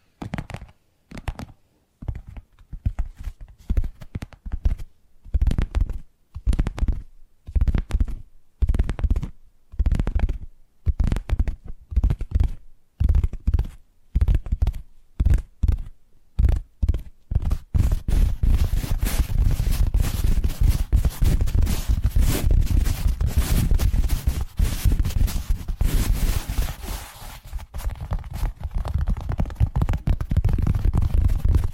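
Tapping triggers begin as distinct, regular taps, each a separate sharp knock with short silences between, coming roughly twice a second. After about seventeen seconds they speed up into a dense, continuous rattling that stays loud and full through the end, dipping briefly near twenty-seven seconds.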